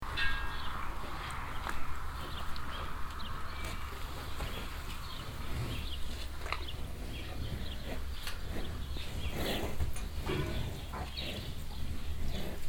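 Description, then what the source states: Cows eating: constant wet mouth and tongue clicks and smacks, with occasional sharp metallic rattles and knocks, over a steady low hum. Many cows crowded together at a trough in a cowshed in Wahlhausen, evening; sounds of their mouths and tongues plus metallic rattling of the trough as the cows move.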